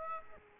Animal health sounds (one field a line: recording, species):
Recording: mosquito wingbeat signal from an infrared sensor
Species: Aedes aegypti